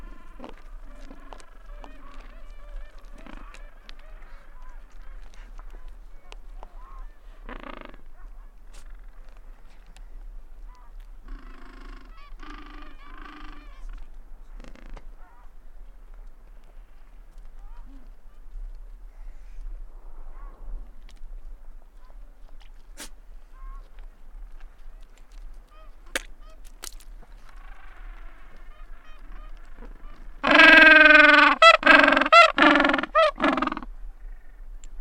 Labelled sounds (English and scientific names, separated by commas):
Gentoo Penguin (Pygoscelis papua) call